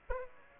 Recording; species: mosquito wingbeat signal from an infrared sensor; Aedes aegypti